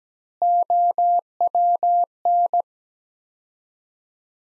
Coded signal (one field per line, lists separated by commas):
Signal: Morse code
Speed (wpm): 17 wpm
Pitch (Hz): 700 Hz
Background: none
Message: OWN